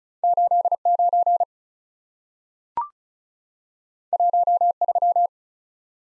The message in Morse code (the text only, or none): 89 13